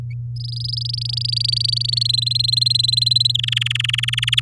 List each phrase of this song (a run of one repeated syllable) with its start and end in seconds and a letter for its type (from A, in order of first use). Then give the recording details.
0.36-2.03 A, 2.05-3.32 B, 3.34-4.40 C. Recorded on 11 May 2018 at 09:22. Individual llb16